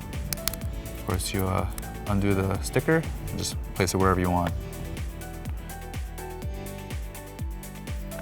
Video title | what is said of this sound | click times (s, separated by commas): d'Action 360 Dash Camera Unboxing | so these just simply click into place of | 0.3 s, 0.5 s